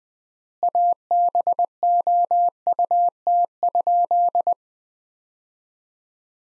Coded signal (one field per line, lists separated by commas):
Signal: Morse code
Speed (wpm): 20 wpm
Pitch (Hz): 700 Hz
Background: none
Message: ABOUT?